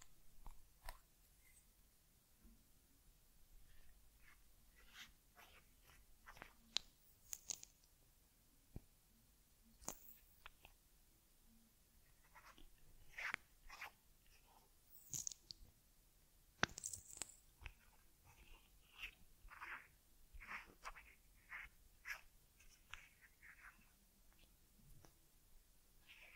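Ear cleaning on a teddy, made of short, irregular scratchy and rubbing sounds that come in quick clusters throughout. A few sharper clicks and brushing swipes stand out around the middle, near 10, 15 and 17 seconds, over a quiet, low hum.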